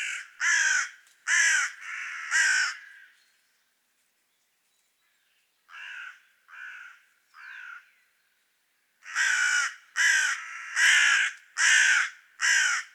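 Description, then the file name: Carrion crow cawing: a run of loud harsh caws, a pause, three softer caws, then another loud rapid series. "Corvus corone"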